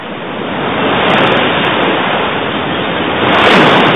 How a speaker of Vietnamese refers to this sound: Lúc này cả bọn đã tới sát bờ biển. Tiếng sóng dỗ vào bờ đá ầm ào bất tuyệt.